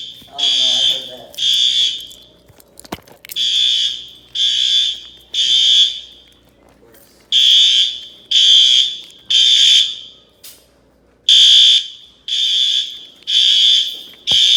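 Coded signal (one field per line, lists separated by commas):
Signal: alarm pattern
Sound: harsh alarm buzzes in repeating groups of three, each followed by a pause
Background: brief talk, room echo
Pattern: temporal three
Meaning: Temporal-three pattern is the standard fire evacuation signal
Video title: Fire Alarm Bell Test #36 (Gamewell-FCI 7075)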